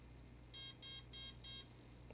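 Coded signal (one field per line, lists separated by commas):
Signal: beep code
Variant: RC brushless ESC programming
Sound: four short, evenly spaced buzzy electronic beeps, then quiet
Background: low hum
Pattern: 4 short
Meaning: Option 4: soft start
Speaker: then for four beeps we want soft start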